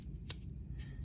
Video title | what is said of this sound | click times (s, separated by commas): Victorinox Trekker Sak Saturday | push that over and uh locks in place uh | 0.3 s